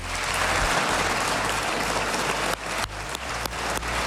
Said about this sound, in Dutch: Voor het vragenuurtje begon werd hij door parlementsleden met applaus ontvangen, horen we bij de VRT.